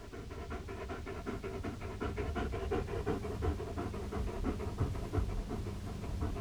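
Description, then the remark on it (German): A dog pants in a quick, steady rhythm of breathy huffs, continuing without pause for several seconds at a fairly even loudness, with no voices. “Die Leute sollen sich vor mir fürchten, du blöder Hund. Bring den Stock her!”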